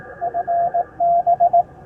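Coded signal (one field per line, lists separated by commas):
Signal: Morse code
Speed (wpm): 15 wpm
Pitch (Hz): 700 Hz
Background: radio noise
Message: FB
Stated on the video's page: POTA park activation on 20m using a Hamstick antenna and a 10-watt Icom IC-703+.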